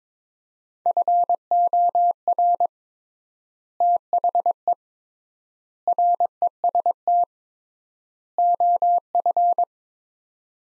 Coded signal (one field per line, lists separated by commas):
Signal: Morse code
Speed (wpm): 22 wpm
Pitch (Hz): 700 Hz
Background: none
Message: FOR THE REST OF